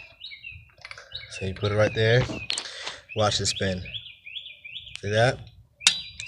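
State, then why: Torque reached. A click-type torque wrench retorques cylinder head bolt three on a Dodge Ram 4.7 engine block. Someone talks over faint chirping tones, and the wrench breaks over with a small, sharp click at 5.9 s, confirming the bolt has reached its torque setting.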